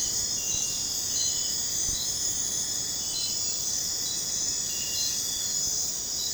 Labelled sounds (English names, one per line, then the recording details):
none
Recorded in dense forest near Puerto Asís, Putumayo, Colombia, on 21 December 2024 at 00:30
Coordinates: 0.466, -76.327
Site G075